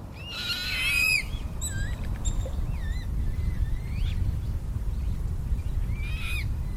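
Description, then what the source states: Eurasian coot chicks producing a loud burst of whistles, then wavy looping peeps and a final call, amid constant low rumble. Young birds.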